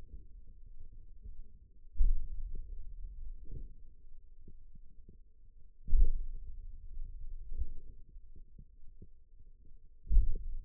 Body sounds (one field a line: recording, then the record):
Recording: forearm muscle sounds (acoustic myography)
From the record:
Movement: hand opening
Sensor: system 2, bracelet of six BSWA MPA416 microphones around the upper forearm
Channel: 4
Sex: male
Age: 22 years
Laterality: right